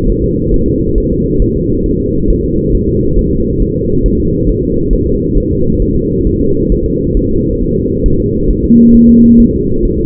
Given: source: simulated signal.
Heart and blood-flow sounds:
fetal heart sounds
0.10 s: S1
0.24 s: S2
0.54 s: S1
0.68 s: S2
0.98 s: S1
1.12 s: S2
1.42 s: S1
1.56 s: S2
1.86 s: S1
2.00 s: S2
2.30 s: S1
2.44 s: S2
2.75 s: S1
2.89 s: S2
3.19 s: S1
3.33 s: S2
3.62 s: S1
3.76 s: S2
4.06 s: S1
4.20 s: S2
4.49 s: S1
4.63 s: S2
4.93 s: S1
5.07 s: S2
5.38 s: S1
5.52 s: S2
5.82 s: S1
5.96 s: S2
6.27 s: S1
6.41 s: S2
6.72 s: S1
6.86 s: S2
7.17 s: S1
7.31 s: S2
7.61 s: S1
7.76 s: S2
8.06 s: S1
8.20 s: S2
8.50 s: S1
8.65 s: S2
8.95 s: S1
9.09 s: S2
9.40 s: S1
9.54 s: S2
9.85 s: S1
9.99 s: S2
From the record:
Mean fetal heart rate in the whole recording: 135 bpm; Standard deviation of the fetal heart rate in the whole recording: 3 bpm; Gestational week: 36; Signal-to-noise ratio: -15.3 dB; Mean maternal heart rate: 72 bpm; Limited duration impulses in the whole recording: present

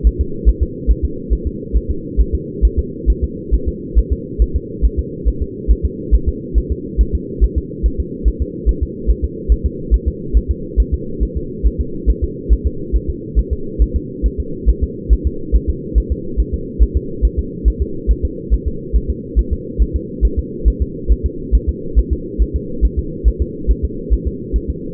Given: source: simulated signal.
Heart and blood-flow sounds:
fetal heart sounds
0.07 s: S1
0.21 s: S2
0.49 s: S1
0.63 s: S2
0.91 s: S1
1.05 s: S2
1.33 s: S1
1.47 s: S2
1.77 s: S1
1.91 s: S2
2.21 s: S1
2.35 s: S2
2.65 s: S1
2.79 s: S2
3.10 s: S1
3.24 s: S2
3.54 s: S1
3.69 s: S2
3.99 s: S1
4.13 s: S2
4.42 s: S1
4.56 s: S2
4.85 s: S1
4.99 s: S2
5.28 s: S1
5.42 s: S2
5.71 s: S1
5.85 s: S2
6.15 s: S1
6.29 s: S2
6.58 s: S1
6.72 s: S2
7.01 s: S1
7.15 s: S2
7.44 s: S1
7.58 s: S2
7.86 s: S1
8.00 s: S2
8.28 s: S1
8.42 s: S2
8.69 s: S1
8.83 s: S2
9.10 s: S1
9.25 s: S2
9.52 s: S1
9.66 s: S2
9.94 s: S1
10.08 s: S2
10.37 s: S1
10.51 s: S2
10.80 s: S1
10.94 s: S2
11.23 s: S1
11.37 s: S2
11.67 s: S1
11.81 s: S2
12.10 s: S1
12.24 s: S2
12.53 s: S1
12.67 s: S2
12.96 s: S1
13.10 s: S2
13.39 s: S1
13.53 s: S2
13.82 s: S1
13.96 s: S2
14.26 s: S1
14.40 s: S2
14.69 s: S1
14.84 s: S2
15.13 s: S1
15.27 s: S2
15.56 s: S1
15.70 s: S2
15.98 s: S1
16.12 s: S2
16.40 s: S1
16.54 s: S2
16.83 s: S1
16.97 s: S2
17.25 s: S1
17.39 s: S2
17.68 s: S1
17.82 s: S2
18.11 s: S1
18.25 s: S2
18.54 s: S1
18.68 s: S2
18.96 s: S1
19.10 s: S2
19.39 s: S1
19.53 s: S2
19.82 s: S1
19.96 s: S2
20.25 s: S1
20.39 s: S2
20.68 s: S1
20.82 s: S2
21.12 s: S1
21.26 s: S2
21.55 s: S1
21.69 s: S2
21.99 s: S1
22.13 s: S2
22.42 s: S1
22.56 s: S2
22.85 s: S1
22.99 s: S2
23.28 s: S1
23.42 s: S2
23.71 s: S1
23.85 s: S2
24.13 s: S1
24.27 s: S2
24.56 s: S1
24.70 s: S2
From the record:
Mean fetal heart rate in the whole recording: 140 bpm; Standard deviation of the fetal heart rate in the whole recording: 2 bpm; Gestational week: 34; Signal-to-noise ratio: -4.3 dB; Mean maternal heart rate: 72 bpm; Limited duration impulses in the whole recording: absent

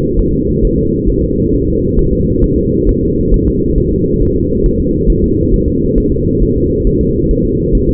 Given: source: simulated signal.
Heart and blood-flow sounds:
fetal heart sounds
0.19 s: S1
0.34 s: S2
0.65 s: S1
0.79 s: S2
1.10 s: S1
1.24 s: S2
1.54 s: S1
1.68 s: S2
1.99 s: S1
2.13 s: S2
2.44 s: S1
2.58 s: S2
2.89 s: S1
3.03 s: S2
3.34 s: S1
3.48 s: S2
3.78 s: S1
3.92 s: S2
4.22 s: S1
4.37 s: S2
4.66 s: S1
4.80 s: S2
5.10 s: S1
5.24 s: S2
5.54 s: S1
5.68 s: S2
5.98 s: S1
6.12 s: S2
6.42 s: S1
6.56 s: S2
6.87 s: S1
7.01 s: S2
7.31 s: S1
7.45 s: S2
7.75 s: S1
7.89 s: S2
From the record:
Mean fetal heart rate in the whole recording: 135 bpm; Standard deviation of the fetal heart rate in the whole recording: 3 bpm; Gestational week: 36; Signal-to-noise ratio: -14.7 dB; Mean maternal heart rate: 72 bpm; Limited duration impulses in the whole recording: present

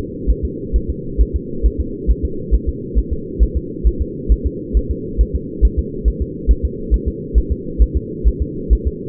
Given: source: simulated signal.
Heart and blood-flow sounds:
fetal heart sounds
0.30 s: S1
0.45 s: S2
0.76 s: S1
0.90 s: S2
1.21 s: S1
1.36 s: S2
1.66 s: S1
1.81 s: S2
2.11 s: S1
2.25 s: S2
2.55 s: S1
2.69 s: S2
2.98 s: S1
3.13 s: S2
3.43 s: S1
3.57 s: S2
3.87 s: S1
4.02 s: S2
4.32 s: S1
4.46 s: S2
4.77 s: S1
4.91 s: S2
5.21 s: S1
5.35 s: S2
5.65 s: S1
5.79 s: S2
6.08 s: S1
6.22 s: S2
6.51 s: S1
6.65 s: S2
6.94 s: S1
7.08 s: S2
7.38 s: S1
7.52 s: S2
7.82 s: S1
7.97 s: S2
8.28 s: S1
8.42 s: S2
8.73 s: S1
8.87 s: S2
From the record:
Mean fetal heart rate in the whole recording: 135 bpm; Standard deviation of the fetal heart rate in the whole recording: 3 bpm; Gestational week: 34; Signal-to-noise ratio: -4.3 dB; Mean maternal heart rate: 72 bpm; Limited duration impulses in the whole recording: absent

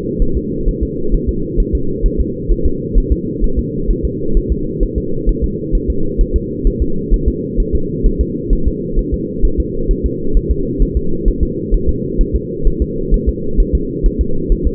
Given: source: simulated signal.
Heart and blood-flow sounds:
fetal heart sounds
0.22 s: S1
0.37 s: S2
0.69 s: S1
0.83 s: S2
1.15 s: S1
1.29 s: S2
1.60 s: S1
1.75 s: S2
2.06 s: S1
2.20 s: S2
2.52 s: S1
2.66 s: S2
2.98 s: S1
3.12 s: S2
3.44 s: S1
3.59 s: S2
3.91 s: S1
4.05 s: S2
4.37 s: S1
4.52 s: S2
4.83 s: S1
4.98 s: S2
5.29 s: S1
5.44 s: S2
5.75 s: S1
5.90 s: S2
6.21 s: S1
6.36 s: S2
6.67 s: S1
6.82 s: S2
7.14 s: S1
7.28 s: S2
7.60 s: S1
7.75 s: S2
8.06 s: S1
8.21 s: S2
8.53 s: S1
8.68 s: S2
8.99 s: S1
9.14 s: S2
9.45 s: S1
9.60 s: S2
9.91 s: S1
10.06 s: S2
10.37 s: S1
10.51 s: S2
10.82 s: S1
10.97 s: S2
11.28 s: S1
11.43 s: S2
11.74 s: S1
11.89 s: S2
12.21 s: S1
12.36 s: S2
12.67 s: S1
12.82 s: S2
13.14 s: S1
13.29 s: S2
13.60 s: S1
13.75 s: S2
14.06 s: S1
14.21 s: S2
14.52 s: S1
14.67 s: S2
From the record:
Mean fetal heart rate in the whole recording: 130 bpm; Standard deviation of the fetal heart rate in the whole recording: 2 bpm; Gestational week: 38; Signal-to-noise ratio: -8.1 dB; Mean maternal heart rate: 72 bpm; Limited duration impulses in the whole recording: absent

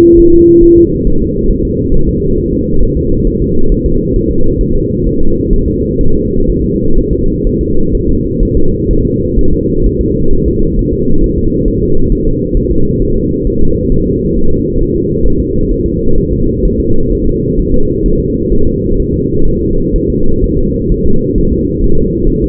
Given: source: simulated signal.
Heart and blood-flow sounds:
fetal heart sounds
0.20 s: S1
0.34 s: S2
0.64 s: S1
0.78 s: S2
1.07 s: S1
1.22 s: S2
1.51 s: S1
1.65 s: S2
1.94 s: S1
2.09 s: S2
2.38 s: S1
2.53 s: S2
2.83 s: S1
2.97 s: S2
3.27 s: S1
3.42 s: S2
3.72 s: S1
3.86 s: S2
4.16 s: S1
4.31 s: S2
4.61 s: S1
4.75 s: S2
5.07 s: S1
5.21 s: S2
5.53 s: S1
5.68 s: S2
6.01 s: S1
6.15 s: S2
6.50 s: S1
6.64 s: S2
6.98 s: S1
7.13 s: S2
7.47 s: S1
7.61 s: S2
7.95 s: S1
8.09 s: S2
8.43 s: S1
8.57 s: S2
8.91 s: S1
9.05 s: S2
9.39 s: S1
9.53 s: S2
9.86 s: S1
10.01 s: S2
10.33 s: S1
10.48 s: S2
10.79 s: S1
10.93 s: S2
11.24 s: S1
11.38 s: S2
11.68 s: S1
11.83 s: S2
12.12 s: S1
12.27 s: S2
12.57 s: S1
12.72 s: S2
13.02 s: S1
13.17 s: S2
13.47 s: S1
13.62 s: S2
13.92 s: S1
14.06 s: S2
14.37 s: S1
14.51 s: S2
14.81 s: S1
14.95 s: S2
15.26 s: S1
15.40 s: S2
15.72 s: S1
15.86 s: S2
16.18 s: S1
16.33 s: S2
16.65 s: S1
16.80 s: S2
17.12 s: S1
17.27 s: S2
17.59 s: S1
17.74 s: S2
18.06 s: S1
18.20 s: S2
18.52 s: S1
18.67 s: S2
19.00 s: S1
19.14 s: S2
19.48 s: S1
19.62 s: S2
19.96 s: S1
20.10 s: S2
20.44 s: S1
20.58 s: S2
20.92 s: S1
21.06 s: S2
21.38 s: S1
21.53 s: S2
21.84 s: S1
21.98 s: S2
22.30 s: S1
22.44 s: S2
From the record:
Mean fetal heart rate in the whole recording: 130 bpm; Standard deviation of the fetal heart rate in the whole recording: 4 bpm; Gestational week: 38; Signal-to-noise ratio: -19.1 dB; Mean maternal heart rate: 72 bpm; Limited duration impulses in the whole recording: present

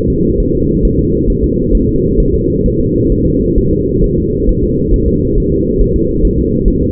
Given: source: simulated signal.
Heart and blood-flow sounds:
fetal heart sounds
0.10 s: S2
0.40 s: S1
0.55 s: S2
0.85 s: S1
0.99 s: S2
1.30 s: S1
1.44 s: S2
1.75 s: S1
1.89 s: S2
2.20 s: S1
2.34 s: S2
2.66 s: S1
2.80 s: S2
3.12 s: S1
3.27 s: S2
3.58 s: S1
3.73 s: S2
4.04 s: S1
4.18 s: S2
4.49 s: S1
4.63 s: S2
4.94 s: S1
5.08 s: S2
5.38 s: S1
5.52 s: S2
5.81 s: S1
5.96 s: S2
6.25 s: S1
6.39 s: S2
6.68 s: S1
6.82 s: S2
From the record:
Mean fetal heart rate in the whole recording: 135 bpm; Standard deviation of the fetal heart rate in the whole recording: 3 bpm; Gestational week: 36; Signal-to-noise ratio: -14.7 dB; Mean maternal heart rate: 72 bpm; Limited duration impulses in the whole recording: present

